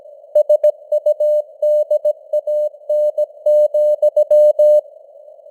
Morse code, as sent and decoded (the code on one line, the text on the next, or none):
... ..- -.. .- -. --..--
SUDAN,